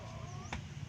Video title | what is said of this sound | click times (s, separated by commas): Cooking English Breakfast while Camping @ Doi Inthanon National Park - 4dcttDINPiCMT - Ep 07 of 07 | that will make sure that it's in a locked position then | 0.5 s